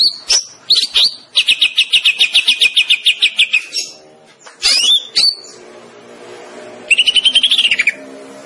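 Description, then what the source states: Greater green leafbird song: bright whistled notes and a fast run of repeated chirps, then rapid slurred phrases and another trill near the end. Cucak ijo, a singing bird described as gacor, meaning singing loudly and continuously.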